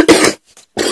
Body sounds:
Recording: coughing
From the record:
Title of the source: 55 gaggy wet cough

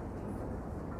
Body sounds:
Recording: background sound without coughing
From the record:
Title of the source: Train Ride Ambience ambient white noise for sleeping, focus, studying, reading

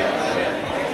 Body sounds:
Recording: background sound without coughing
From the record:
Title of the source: CITY SOUNDS Busy Bar in the Evening Night - 2 HOURS of Ambiance for Relaxation

